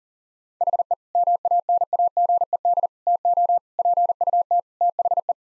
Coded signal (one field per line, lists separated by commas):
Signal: Morse code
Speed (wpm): 40 wpm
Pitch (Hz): 700 Hz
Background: none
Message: HE MANAGED TO PUT THE